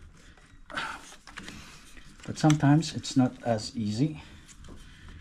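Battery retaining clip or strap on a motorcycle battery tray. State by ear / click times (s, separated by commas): not seated / none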